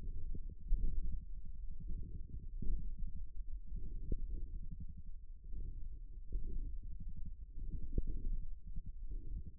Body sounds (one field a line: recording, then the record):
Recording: forearm muscle sounds (acoustic myography)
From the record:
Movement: radial deviation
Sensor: system 1, eight BSWA MPA416 microphones around the upper forearm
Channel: 8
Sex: male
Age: 54 years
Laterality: right